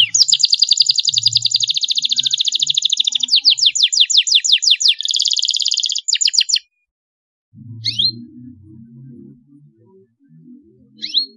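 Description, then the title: Belgian canary song: fast, rolling trills of high repeated notes, shifting through several phrases for about six seconds, then a pause, low background rumble and two sharp single chirps. Belgian canary breed; song played to warm up and stimulate young canaries to sing. "Canto Para Esquentar Canário Belga. CUITAN KENARI MERANGSANG BUNYI KENARI PAUD. PANCINGAN KENARI AGAR GACOR"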